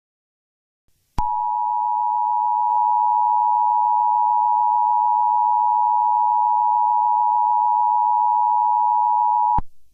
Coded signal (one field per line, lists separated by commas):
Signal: Emergency Alert System (SAME) tones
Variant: 853 and 960 Hz attention tone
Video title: EAS Scenario - Christmas Exchange (World War 3 Scenario)